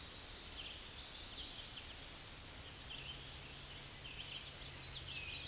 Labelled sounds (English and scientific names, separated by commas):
Tennessee Warbler (Leiothlypis peregrina) song